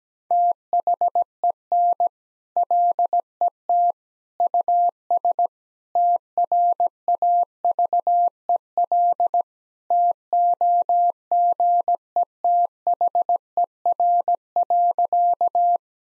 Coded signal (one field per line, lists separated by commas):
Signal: Morse code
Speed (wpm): 17 wpm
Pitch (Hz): 700 Hz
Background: none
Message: THEN LET US TRAVEL TOGETHER.